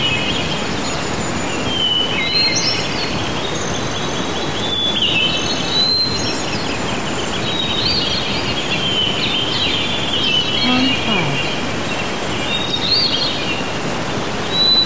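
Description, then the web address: Bird song as scattered whistled chirps and short descending notes, partly masked by a continuous roar of wind. Birds singing outdoors in medium-strength wind. "birds singing outside medium strength wind loopable"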